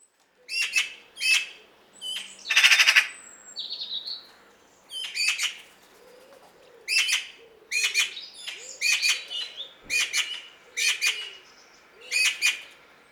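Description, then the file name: Eurasian magpie giving harsh, rattling chatter calls in many short bursts at irregular intervals. "Pica pica"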